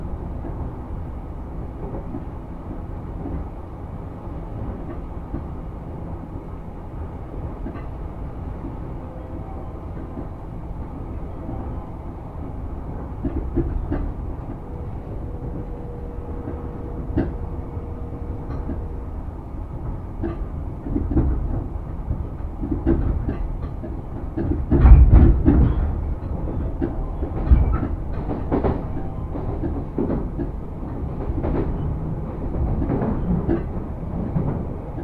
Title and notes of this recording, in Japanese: 鉄道旅。武蔵小杉からは相鉄直通線で羽沢横浜国大を通りながら二俣川まで移動し、特急に乗り換えて大和へと向かいます。